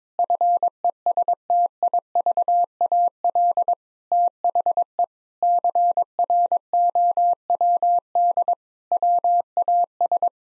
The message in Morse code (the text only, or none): FESTIVAL THE CROWD WAS